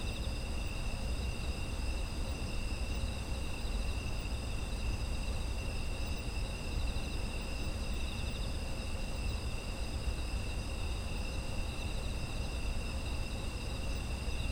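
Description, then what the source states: Insect chorus of unbroken high-pitched trills at several pitches, holding steady throughout, with a persistent low background rumble beneath. Autumn insect ambient sound.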